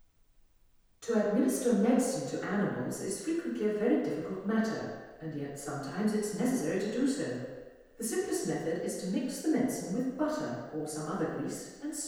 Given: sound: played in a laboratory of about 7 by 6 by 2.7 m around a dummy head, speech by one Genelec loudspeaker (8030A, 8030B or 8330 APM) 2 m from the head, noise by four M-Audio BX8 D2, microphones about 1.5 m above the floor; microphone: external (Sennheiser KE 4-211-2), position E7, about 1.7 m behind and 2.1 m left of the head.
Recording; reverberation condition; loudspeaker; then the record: female speech in English; high; 60 degrees to the right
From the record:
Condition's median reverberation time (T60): about 1300 ms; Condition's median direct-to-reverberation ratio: about -4.0 dB